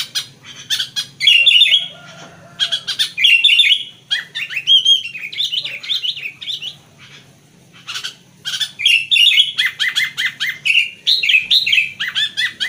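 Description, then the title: Sooty-headed bulbul song of lively chirps and short warbling phrases in uneven bursts, some notes bending downward, with brief quiet gaps between. "Kutilang"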